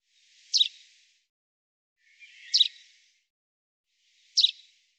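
Common chaffinch repeating a sharp, high single-note call three times at intervals of about two seconds, each note clipped and metallic, over silence.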